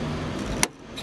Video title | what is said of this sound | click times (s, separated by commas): HPF BMW M3 Fuel Pump Hanger Install Instructions Part 3 | so basically i'll just push this together you can hear it snap | 0.6 s